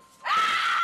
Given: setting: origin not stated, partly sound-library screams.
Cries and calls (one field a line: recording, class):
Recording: one-second piece from a danger detection set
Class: woman in danger